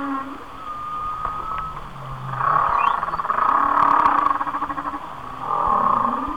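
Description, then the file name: Whale song with pulsed, buzzy mid-pitched moans swelling and fading in long bursts, over a faint low steady tone. "Whale Songs- Mike Mc Donald"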